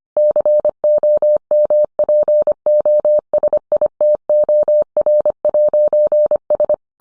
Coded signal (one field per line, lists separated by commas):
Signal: Morse code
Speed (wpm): 25 wpm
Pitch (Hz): 600 Hz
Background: none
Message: COMPOSITOR'S